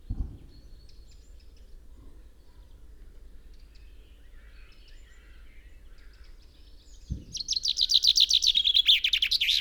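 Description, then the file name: Common chaffinch: after a soft thump and a quiet stretch, a common chaffinch bursts into its rapid, descending trilled song. "Fringilla coelebs"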